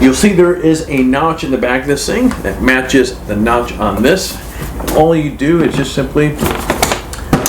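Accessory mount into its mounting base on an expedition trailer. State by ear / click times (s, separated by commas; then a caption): seated / 7.5 s. An accessory mount is lined up by its matching notches and pressed onto its mounting base on a Turtleback expedition trailer while someone talks. A few short knocks come near the end, and the mount locks into the base with a sharp click at 7.5 s.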